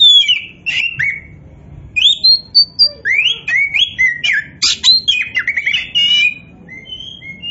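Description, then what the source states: Oriental magpie-robin song: a rapid run of loud whistled slurs and sharp chips, varied phrases rising and falling between notes, with a faint low hum underneath. Bird in full, energetic song, described by the Indonesian term gacor; the bird is identified as a kacer poci.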